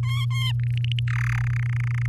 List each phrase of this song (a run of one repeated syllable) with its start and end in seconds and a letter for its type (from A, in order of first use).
0.03-0.52 A, 0.59-0.99 B, 1.07-1.42 C, 1.44-2.08 D